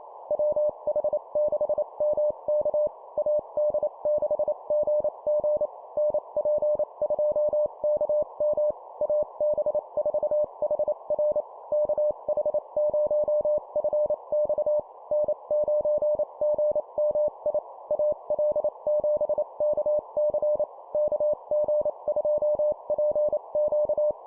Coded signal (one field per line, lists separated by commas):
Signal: Morse code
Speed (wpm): 28 wpm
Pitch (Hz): 600 Hz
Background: none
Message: WH6MK AD6GG NP2KM AB4HR KH0FX N9GMI AL7KC KG2PQ